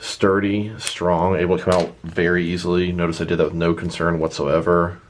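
Someone talks while handling a swappable plastic hand from a Mattel Multiverse Batman Beyond action figure, which has been pulled off its wrist peg and is about to be pushed back on. Nothing has seated or clicked yet; the clip ends before the hand goes home.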